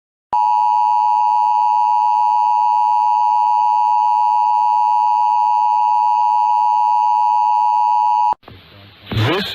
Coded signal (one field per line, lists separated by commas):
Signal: Emergency Alert System (SAME) tones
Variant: 853 and 960 Hz attention tone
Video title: (EAS Scenario) Standard Test of the Emergency Alert System